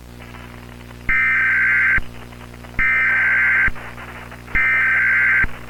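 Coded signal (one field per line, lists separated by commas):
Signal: Emergency Alert System (SAME) tones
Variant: header bursts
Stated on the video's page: Mock EAS alert, fictional.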